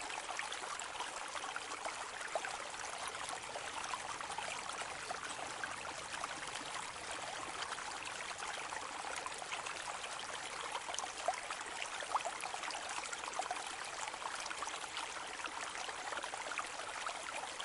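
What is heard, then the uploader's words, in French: A gentle stream flows steadily for the whole clip, its dense, bubbling trickle staying even in level from start to finish. The sound is fairly bright, a fine layer of splashes and gurgles with little low rumble and no other sounds. Le doux son d'un calme et paisible ruisseau. Il s'écoule au milieu d'une verdoyante clairière loin de toutes agitations et de stress !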